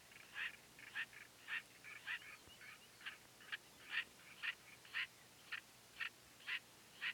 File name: Afrotis afraoides call